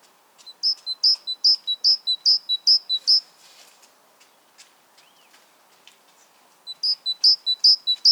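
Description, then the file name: Great tit song, a run of quick two-note phrases, a gap of several seconds with faint ticks, then the phrase starts again. "Parus major"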